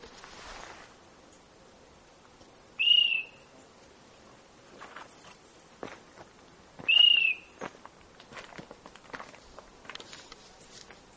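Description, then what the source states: Rufous antpitta whistling a high, level note twice, four seconds apart, among light rustles and footstep-like clicks. Endemic subspecies G. rufula saltuensis, from the Serranía de Perijá (Serranía de los Motilones).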